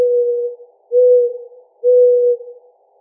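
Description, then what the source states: Mourning dove cooing: three low, steady, hollow notes of even pitch, each about half a second long, spaced roughly a second apart. Recorded on 4 January 2007.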